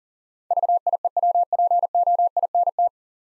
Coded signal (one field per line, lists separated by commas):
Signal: Morse code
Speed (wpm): 40 wpm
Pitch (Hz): 700 Hz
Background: none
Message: VIEWPOINT